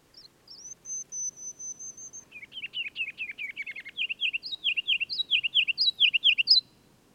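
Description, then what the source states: Ruby-crowned kinglet singing: a few high introductory notes and a long thin whistle, then a rapid chatter and a series of loud, rollicking repeated phrases, with faint low background noise. Regulus calendula in northern forest, in continual aerial display nearly nonstop from dawn to dusk: sings on a fir limb about 20 feet up, flits out, somersaults, hovers, returns; recorded at lunchtime, unprocessed.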